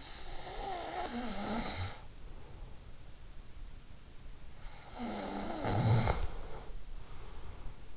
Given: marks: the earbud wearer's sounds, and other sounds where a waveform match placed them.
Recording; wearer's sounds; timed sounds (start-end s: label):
sounds in sleep by an in-ear microphone; snoring breath
0.03-2.17 s: snoring breath
4.90-7.97 s: snoring breath